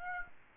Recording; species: mosquito wingbeat signal from an infrared sensor; Aedes aegypti